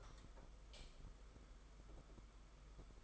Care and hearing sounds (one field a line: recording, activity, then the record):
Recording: daily activity, microphone in the room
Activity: light on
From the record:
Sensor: 5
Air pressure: 991.1 hPa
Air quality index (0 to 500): 109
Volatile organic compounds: 25 ppm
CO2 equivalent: 2832 ppm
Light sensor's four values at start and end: 18/42/17/19 and 19/48/19/21